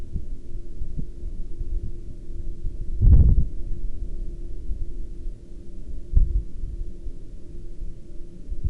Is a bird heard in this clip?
no